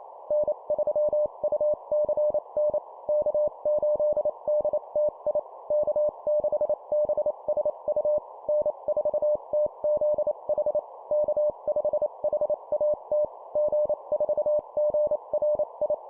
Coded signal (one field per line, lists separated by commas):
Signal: Morse code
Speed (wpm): 28 wpm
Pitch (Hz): 600 Hz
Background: none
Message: N3UCN K8DTI K6BSU N4TZH K5HAT G4GRI